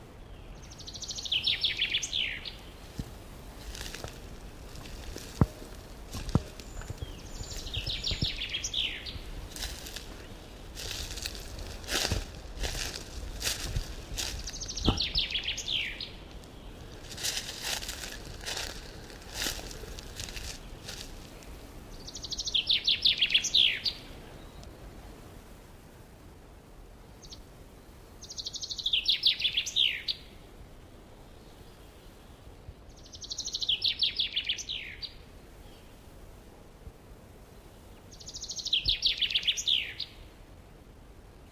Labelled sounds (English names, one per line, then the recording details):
Common Chaffinch song
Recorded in the wild
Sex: male
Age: adult
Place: Mühlenbecker Land, OT Mühlenbeck, Brandenburg, DE
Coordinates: 52.7, 13.4167
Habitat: forest
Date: 1988-04-03 11:53
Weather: hazy, 8°C
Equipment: Nagra SN, Kopie Tesla B 116
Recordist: Tembrock, Günter
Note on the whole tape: Mühlenbecker Wald. Gesang